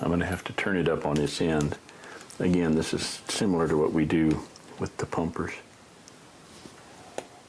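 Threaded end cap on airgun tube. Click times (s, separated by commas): 7.2 s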